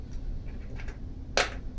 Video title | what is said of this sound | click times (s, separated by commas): 2 Pi-Swerl parts assembly and use | you can hear it click | 1.4 s